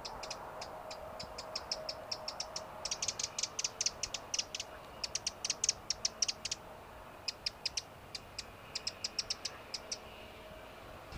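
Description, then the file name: Eurasian wren, rapid series of sharp high ticks in loose bursts, continuing through most against a faint background hum. "Troglodytes troglodytes"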